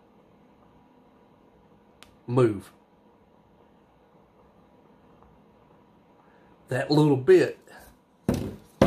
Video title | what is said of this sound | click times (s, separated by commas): A discussion about Swiss Army Knives. | that back actually locks | 8.8 s